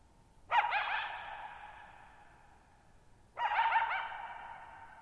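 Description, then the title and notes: Coyote giving two wavering yipping bursts about three seconds apart, both ringing out in long echoes. Lone coyote at night, July 14, 2019, near Thirtymile Meadows, Okanogan National Forest, Okanogan High Country, Pacific Northwest, 6400 ft (1950 m); high dry plateau, shallow bowl-shaped meadow with boggy ground. "Lone Coyote at Thirtymile Meadows. I spent the night of July 14, 2019, camped near Thirtymile Meadows in the Okanogan National Forest at 6400 ft (1950 m)"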